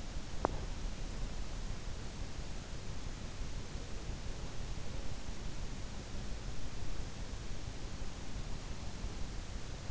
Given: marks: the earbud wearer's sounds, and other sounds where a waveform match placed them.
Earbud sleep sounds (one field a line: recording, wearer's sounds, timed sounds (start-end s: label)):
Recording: sounds in sleep by an in-ear microphone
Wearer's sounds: teeth grinding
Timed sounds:
0.00-0.94 s: teeth grinding